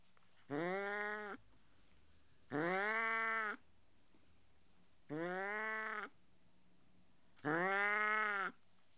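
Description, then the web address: Cat giving four evenly spaced, drawn-out meowing howls, each about a second long, with quiet gaps between them. "BBC Sound Effects Library BBC 06-Animals and Birds 06 Mog Cat Howling"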